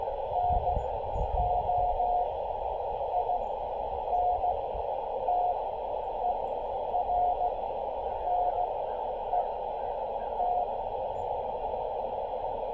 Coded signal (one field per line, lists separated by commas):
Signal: Morse code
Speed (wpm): 16 wpm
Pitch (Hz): 690 Hz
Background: radio noise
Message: NO INTERNET